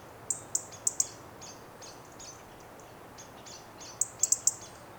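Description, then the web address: European robin tick calls, two bursts of four sharp high clicks, with faint softer chirps between them. "SETE Erithacus rubecula"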